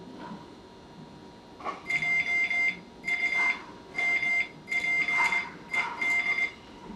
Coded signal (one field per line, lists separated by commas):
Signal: Morse code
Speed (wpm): 20 wpm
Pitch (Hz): 2100 Hz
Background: none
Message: JUMPED